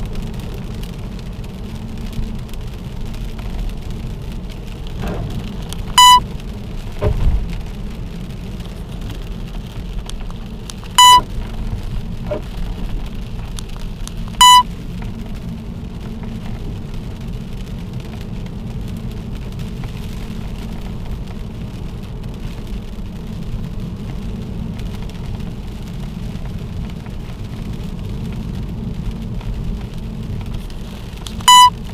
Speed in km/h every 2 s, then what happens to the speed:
67, 64, 61, 58, 55, 51, 50, 48, 51, 55, 57, 58, 59, 58, 57, 53.
0-13 slows to 48. 13-23 speeds up to 59.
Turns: none.